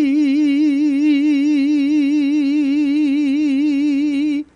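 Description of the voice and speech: A sustained mid-pitched vowel wavers steadily up and down in pitch throughout, with a wide, somewhat slow, regular oscillation instead of a straight tone. This is an imitated adult vocal tremor on sustained phonation: an uncontrollable, overdone vibrato that prevents holding a straight tone.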